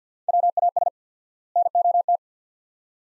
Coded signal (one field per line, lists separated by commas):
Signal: Morse code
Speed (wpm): 46 wpm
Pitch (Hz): 700 Hz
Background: none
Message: WAS NOT